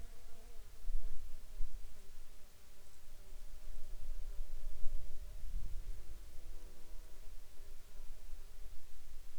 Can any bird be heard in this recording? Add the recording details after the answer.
no. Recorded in Ivvavik National Park, Yukon, on 8 June 2019 at 16:42. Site SINP10